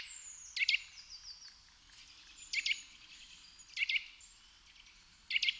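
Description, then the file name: Eurasian nuthatch giving four short, sharp, clipped calls a second or two apart, with a high thin descending whistle near the start. "Sitta europaea"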